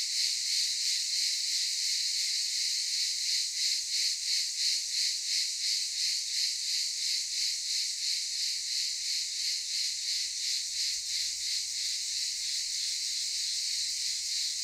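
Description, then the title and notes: Cicadas calling in a strongly pulsed, shimmering buzz, about three beats per second, steady and loud throughout. Cicadas recorded in daytime at Aylak Yaşam Camp, Çıralı, Kemer, Antalya, Turkey. "Ulupınar Mahallesi, Çıralı Yolu, 07980 Kemer/Antalya, Turkey - Cicadas daytime. Aylak Yaşam Camp, cicadas in daytime"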